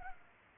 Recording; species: mosquito wingbeat signal from an infrared sensor; Culex pipiens